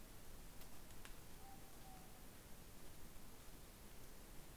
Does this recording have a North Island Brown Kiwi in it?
no